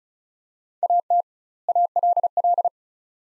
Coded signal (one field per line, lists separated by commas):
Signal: Morse code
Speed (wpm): 36 wpm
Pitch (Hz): 700 Hz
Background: none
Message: AT ALL